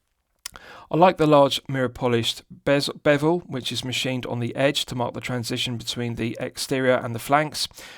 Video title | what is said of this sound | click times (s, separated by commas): San Martin SN006-G2 (Tudor Snowflake Submariner Homage) 4K Watch Review | nice positive clicking action | 0.5 s